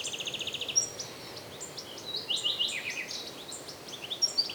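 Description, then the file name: European goldfinch calls, opening with a fast even run of repeated chips, then jumbled liquid twitters and sharp high notes over soft background noise. "Carduelis carduelis"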